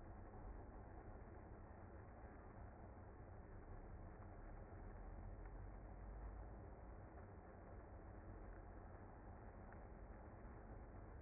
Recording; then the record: honeybee colony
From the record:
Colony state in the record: active